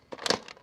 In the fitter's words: and at that point the duplexer snaps right into place